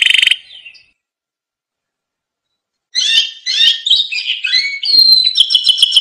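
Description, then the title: Canary song, a brief trill, a two-second pause, then varied quick warbled phrases and chirps ending in a rapid high trill. Masteran (training) recording of lively, full-phrase canary song for caged birds to learn from. "Masteran Kenari Gacor Full Isian Untuk Lovebird, Murai Batu, Kenari, Cucak Ijo"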